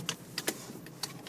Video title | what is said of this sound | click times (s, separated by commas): 2014 Ford Mustang GT Convertible Start Up, Engine, and Depth Tour | just hear the click here's the click and then you undo the belt | 0.1 s